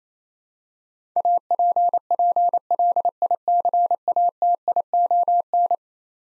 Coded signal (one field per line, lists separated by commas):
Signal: Morse code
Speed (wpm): 27 wpm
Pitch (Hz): 700 Hz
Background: none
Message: APPLICATION